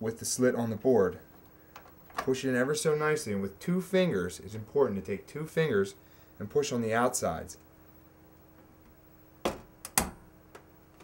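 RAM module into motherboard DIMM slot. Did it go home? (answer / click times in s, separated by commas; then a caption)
yes / 9.5 s, 10.0 s. Someone talks, then the first RAM memory stick, its notch lined up with the key of a motherboard DIMM slot, is pressed down with two fingers on its outer ends. Sharp snaps at 9.5 s and 10.0 s are the slot latches closing as the module seats.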